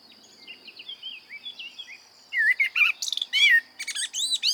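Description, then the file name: Common blackbird song: soft, quiet warbling phrases, then a louder fluted whistle breaking into a rapid squeaky twitter, with a steady high whine behind. "Turdus merula"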